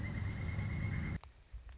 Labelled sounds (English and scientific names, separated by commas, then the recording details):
Pileated Woodpecker (Dryocopus pileatus)
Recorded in Sonoma County, California